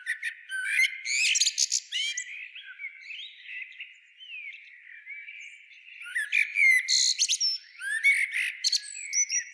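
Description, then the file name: Eurasian blackbird giving squeaky, high twittering calls in bursts, a softer warbling stretch in the middle, then more shrill chattering notes near the end. "Turdus merula"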